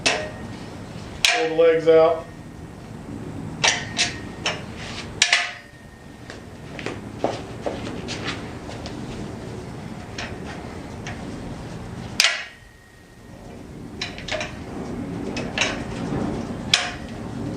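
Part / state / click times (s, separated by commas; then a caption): folding leg locking into a portable miter saw stand frame / seated / 5.2 s, 12.2 s, 16.7 s. Someone talks while pulling the spring-loaded folding legs out one after another on a metal Craftsman Universal Miter Saw Stand (YH-MS029A). Each leg snaps sharply into its locked position in the stand frame at 5.2 s, 12.2 s and 16.7 s. All the legs end up locked in place and the stand feels sturdy.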